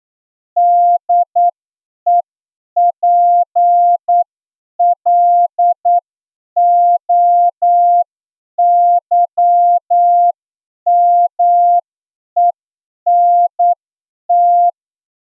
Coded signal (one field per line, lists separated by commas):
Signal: Morse code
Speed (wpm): 9 wpm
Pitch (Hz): 700 Hz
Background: none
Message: DEPLOYMENT